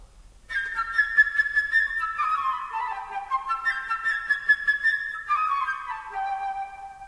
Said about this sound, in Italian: Prima di tutto, l'uccellino. L'uccellino è rappresentato da un flauto.